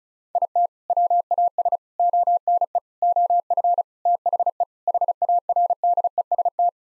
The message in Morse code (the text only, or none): IT WAS ONE OF THE HARDEST